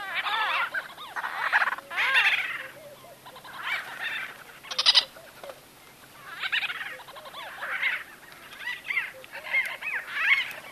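White-fronted bee-eater calls: bursts of nasal, harmonic squawking notes in overlapping groups, rising and falling, with short gaps between clusters over about ten seconds.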